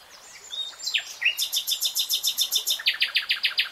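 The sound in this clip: Nightingale song: a few soft swooping notes give way to a long, fast, evenly pulsed rattle of many loud notes.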